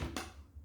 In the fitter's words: vient se clipser dans la prothèse claque